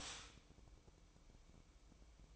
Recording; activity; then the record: daily activity, microphone in the room; stop toaster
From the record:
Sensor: 1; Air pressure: 1007.2 hPa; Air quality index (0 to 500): 77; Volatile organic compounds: 1 ppm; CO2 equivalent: 666 ppm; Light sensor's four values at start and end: 7/18/7/8 and 7/18/7/8